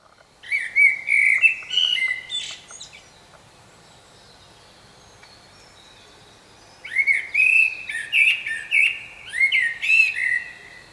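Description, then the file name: Common blackbird song: a warbled phrase with high twittering, a pause of about four seconds, then a second, longer warbled phrase. "Turdus merula"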